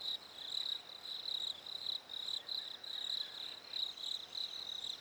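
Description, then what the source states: Crickets chirping in a chorus of rapid, high, pulsed bursts over a constant shrill background. Crickets recorded in Africa during winter.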